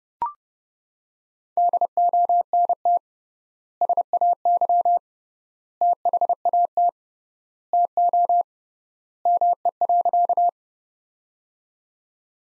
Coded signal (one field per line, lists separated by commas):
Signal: Morse code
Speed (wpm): 30 wpm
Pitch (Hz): 700 Hz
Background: none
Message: DONT SAY THAT TO ME.